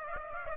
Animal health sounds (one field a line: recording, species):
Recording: mosquito wingbeat signal from an infrared sensor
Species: Aedes aegypti